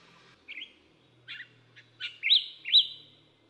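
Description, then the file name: Bronzed drongo calls: a few short chirps, then two louder, ringing upslurred whistles about half a second apart. "小卷尾"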